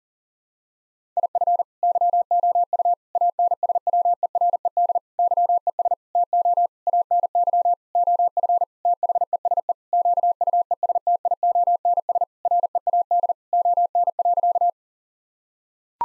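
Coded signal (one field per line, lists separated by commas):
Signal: Morse code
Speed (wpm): 40 wpm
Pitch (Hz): 700 Hz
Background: none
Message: IF YOU ANSWERED YES TO ANY OF THESE QUESTIONS READ ON.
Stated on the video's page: Morse practice at 40 wpm: sentences built from common nine-word phrases, each sent in Morse, spoken, then sent again.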